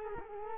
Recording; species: mosquito wingbeat signal from an infrared sensor; Culex quinquefasciatus